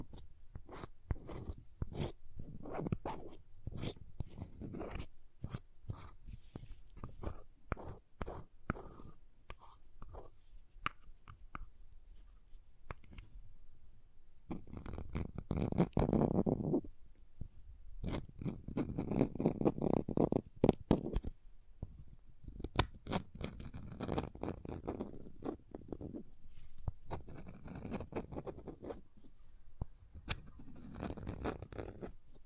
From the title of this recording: Crayons Tapping, Carving, Cutting, Drawing Sounds